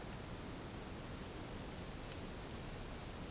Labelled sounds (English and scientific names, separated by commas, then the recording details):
none
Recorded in secondary vegetation near Puerto Asís, Putumayo, Colombia, on 13 March 2025 at 11:30
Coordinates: 0.502, -76.326
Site G100